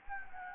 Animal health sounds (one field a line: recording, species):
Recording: mosquito wingbeat signal from an infrared sensor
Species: Anopheles gambiae